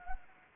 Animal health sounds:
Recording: mosquito wingbeat signal from an infrared sensor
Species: Anopheles arabiensis

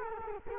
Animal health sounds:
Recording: mosquito wingbeat signal from an infrared sensor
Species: Culex quinquefasciatus

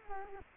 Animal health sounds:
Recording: mosquito wingbeat signal from an infrared sensor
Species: Culex quinquefasciatus

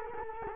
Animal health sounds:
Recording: mosquito wingbeat signal from an infrared sensor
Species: Culex quinquefasciatus

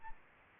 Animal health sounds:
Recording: mosquito wingbeat signal from an infrared sensor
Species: Aedes aegypti

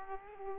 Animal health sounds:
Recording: mosquito wingbeat signal from an infrared sensor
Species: Aedes aegypti

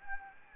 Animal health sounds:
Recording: mosquito wingbeat signal from an infrared sensor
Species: Anopheles gambiae

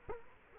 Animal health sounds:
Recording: mosquito wingbeat signal from an infrared sensor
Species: Culex quinquefasciatus

